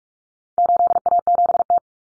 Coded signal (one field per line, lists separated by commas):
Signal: Morse code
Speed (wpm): 44 wpm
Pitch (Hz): 700 Hz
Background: none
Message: 8A7T